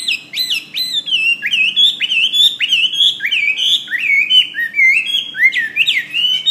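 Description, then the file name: Hwamei song of steady, rolling whistled phrases, each note sliding up or down; faint hum behind. "omkicau hwamey"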